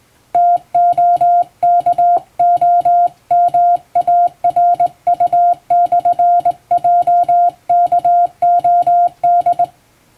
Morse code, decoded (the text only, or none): TOKOMARU/JKOD